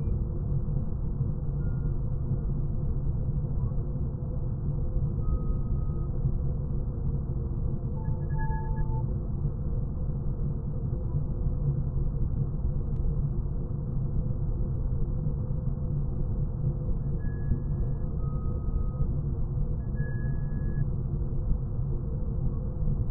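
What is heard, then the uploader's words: Razor Crest ambience: a steady, dense engine rumble and hum sitting low, unchanging in level for the whole stretch. Short, faint electronic beeps at a few different pitches chirp now and then, around 2, 6, 8, 17, 19 and 20 seconds. Razor crest ambience. Ambience to mimic the crest.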